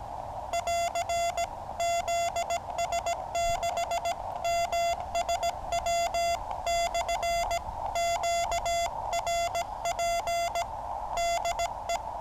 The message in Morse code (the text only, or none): <AR> ZS6MSW/QRP DE